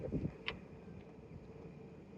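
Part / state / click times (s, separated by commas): charging connector lock in car charge port / released / 0.5 s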